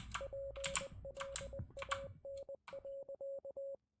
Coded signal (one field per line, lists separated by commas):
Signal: Morse code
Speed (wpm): 20 wpm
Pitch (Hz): 550 Hz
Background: none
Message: PLAN.